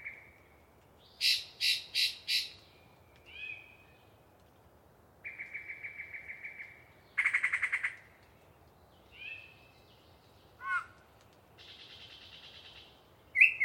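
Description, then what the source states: Yellow-breasted chat song: a quick burst of four harsh notes, a nasal note, a steady pulsed rattle, a loud grating chatter, then buzzy phrases, all separated by short pauses. Long pre-dawn song from a particularly chatty bird in deciduous cover near the microphones.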